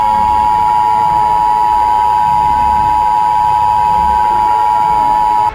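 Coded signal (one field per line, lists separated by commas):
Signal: Emergency Alert System (SAME) tones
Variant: 853 and 960 Hz attention tone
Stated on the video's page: Fictional EAS scenario using valid SAME tones.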